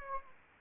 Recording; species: mosquito wingbeat signal from an infrared sensor; Anopheles arabiensis